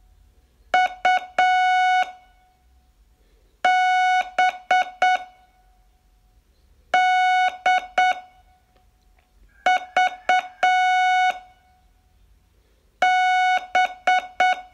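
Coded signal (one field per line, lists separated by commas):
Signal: Morse code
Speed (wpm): 8 wpm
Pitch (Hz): 740 Hz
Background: none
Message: U B D V B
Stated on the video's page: Day 18 of a 42-day Morse training course.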